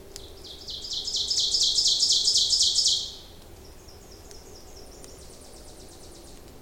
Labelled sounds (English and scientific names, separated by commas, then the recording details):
Ovenbird (Seiurus aurocapilla) song
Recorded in boreal forest in Alberta, Canada, on 26 May 2016 at 07:15
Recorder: SongMeter 3, array SBT-3-15
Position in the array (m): 25 m, 277 m
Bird 20